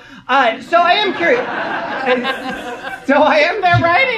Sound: laughter